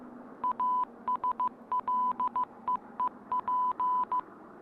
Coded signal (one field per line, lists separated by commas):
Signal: Morse code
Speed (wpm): 15 wpm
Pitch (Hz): 1000 Hz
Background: none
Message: ASLEEP